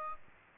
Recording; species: mosquito wingbeat signal from an infrared sensor; Aedes aegypti